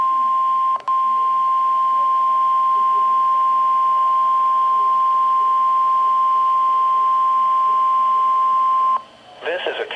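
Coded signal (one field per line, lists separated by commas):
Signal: Emergency Alert System (SAME) tones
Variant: 1050 Hz attention tone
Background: speech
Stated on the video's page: NOAA Weather Radio Required Weekly Test received on a Midland WR120 weather radio.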